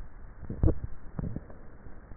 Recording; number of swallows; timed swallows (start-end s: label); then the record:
swallowing sounds by neck microphone; 1
0.46-1.19 s: swallow
From the record:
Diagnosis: dysphagia